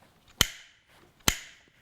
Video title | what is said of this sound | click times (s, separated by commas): Buckingham OX Block™ Training | two clicks one wrap right there | 0.4 s, 1.3 s